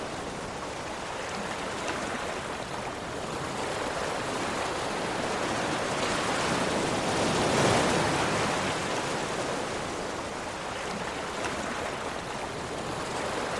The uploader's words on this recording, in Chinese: 舒眠海浪聲 睡眠白噪音。沉浸在舒緩的海浪聲中。